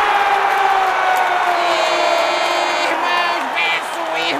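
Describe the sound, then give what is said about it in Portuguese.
A huge crowd, said to number 10 million people, roars, cheers and claps at a show in a dense, continuous wash of voices, with scattered whoops and shouts rising above the steady din throughout. “E numa fantástica coreografia, as 10 milhões de pessoas presentes batem palmas e dão petelecos nas orelhas umas das outras.”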